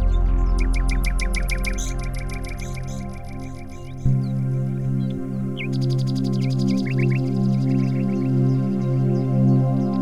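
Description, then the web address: Rapid repeated bird chirps and clicking trills, then a brief pause before more scattered tweets, all above a heavy low hum that jumps louder midway. Bird ambience. "Ambiance ambient birds"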